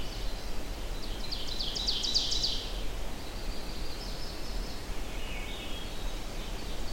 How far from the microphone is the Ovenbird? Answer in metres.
about 40 m